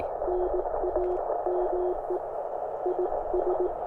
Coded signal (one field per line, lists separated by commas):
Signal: Morse code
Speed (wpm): 18 wpm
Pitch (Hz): 360 Hz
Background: radio noise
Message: NAME IS